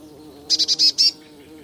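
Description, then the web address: Eurasian blue tit giving a single quick burst of five harsh, buzzy high notes above a soft low hum. "Deverinetal 2025 File origin Bird Only Cy Ca"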